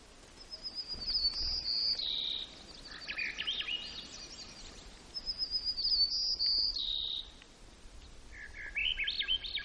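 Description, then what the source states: White-crowned sparrow song: clear high whistles followed by lower buzzy, stuttered notes, two phrases about four seconds apart. Recorded in Gates of the Arctic, Alaska, on 17 June 2018.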